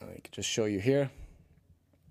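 A push-type fiber connector cleaner with a plastic housing is handled near the end of a connector ferrule, which it fits over and is pressed down on until it clicks to wipe the ferrule end face. Someone talks, followed by faint handling sounds. Nothing has clicked or seated yet.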